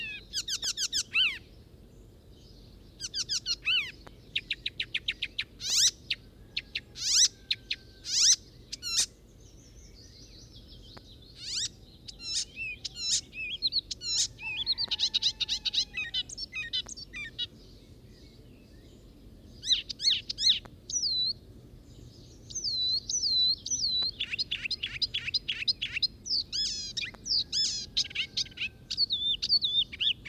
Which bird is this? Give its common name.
Spotted Flycatcher